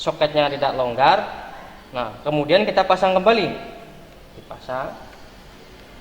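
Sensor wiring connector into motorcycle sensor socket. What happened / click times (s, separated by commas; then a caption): Handled, no seating click yet / none. A sensor wiring connector is being handled at a motorcycle fuel-injection sensor/injector plastic socket after its terminals were inspected, while someone talks. The connector is about to be pushed back together, but nothing has seated or clicked yet.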